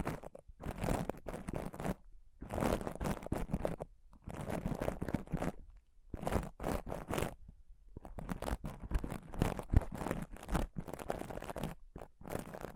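Intense scratching and touching on a microphone comes in dense, rough bursts of one to two seconds, separated by brief silent gaps around 2, 4, 6 and 8 seconds. The crackly, crunching rubs fill everything from low thumps to bright hiss.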